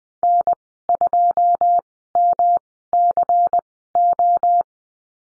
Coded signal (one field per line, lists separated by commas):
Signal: Morse code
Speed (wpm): 19 wpm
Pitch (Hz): 700 Hz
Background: none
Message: N2MCO